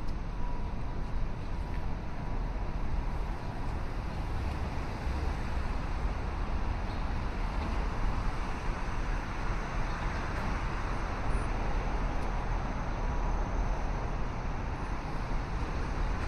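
A morning city walk along a river in downtown Chicago, filled with a steady, dense wash of traffic rumble that barely changes over the whole stretch. The low roar of vehicles dominates, with a faint thin tone near the start and occasional small sharper sounds on top.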